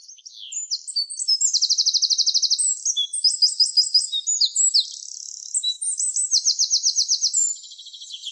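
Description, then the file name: Eurasian wren delivering a vigorous, very high song: quick chattering notes running into buzzy rapid trills, several trill bursts in succession, no other sounds evident. "Troglodytes troglodytes"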